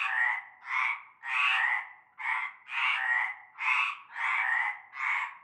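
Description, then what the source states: Frogs croaking together, a series of long rasping croaks of uneven length. Frog chorus at nightfall in a large concrete basin with stagnant greenish water, Avenue Cante Coucou, Groupède, La Ciotat, Bouches-du-Rhône, France.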